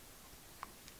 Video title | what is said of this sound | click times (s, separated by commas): Presentation montage Lemo 2 de chez eleaf | il y a un petit clic voilà | 0.6 s